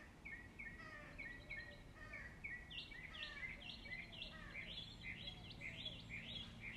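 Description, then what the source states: Several birds singing together, overlapping chirps and rising whistled phrases that become denser and higher toward the end. Morning birdsong.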